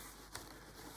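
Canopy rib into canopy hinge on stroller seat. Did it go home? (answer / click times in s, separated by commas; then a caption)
yes / 0.4 s. The plastic end of a canopy rib is fitted back onto the canopy hinge of a Joolz Aer 2 stroller seat, giving a short, sharp click at 0.4 s as it seats into place. A fainter knock follows near 1.0 s over steady background noise.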